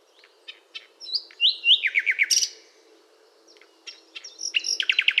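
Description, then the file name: Common nightingale singing varied phrases: sliding whistles, a fast run of repeated notes, then a second rapid stuttering trill after a short pause. "Luscinia megarhynchos"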